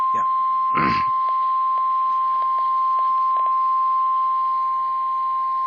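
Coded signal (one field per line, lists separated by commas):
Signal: Emergency Alert System (SAME) tones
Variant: 1050 Hz attention tone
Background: speech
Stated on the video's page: Severe Thunderstorm Warning received from a nearby NOAA Weather Radio station.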